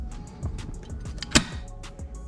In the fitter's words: you want to hear a pop all right